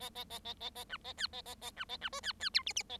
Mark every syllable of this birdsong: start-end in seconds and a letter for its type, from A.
0.00-0.10 A, 0.15-0.24 A, 0.30-0.39 A, 0.45-0.54 A, 0.60-0.70 A, 0.75-0.84 A, 0.89-0.97 B, 1.04-1.13 A, 1.17-1.27 C, 1.33-1.42 A, 1.46-1.55 A, 1.61-1.71 A, 1.76-1.85 B, 1.89-1.97 A, 2.01-2.09 B, 2.12-2.20 D, 2.23-2.33 C, 2.40-2.49 C, 2.54-2.63 E, 2.66-2.73 F, 2.76-2.83 F, 2.89-2.98 A